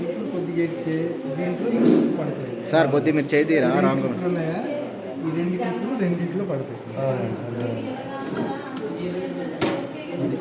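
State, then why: Seated. A removable part is pushed into a mosquito-control device while someone talks, and it locks into place with one sharp click at 9.6 seconds. The part is confirmed seated and locked.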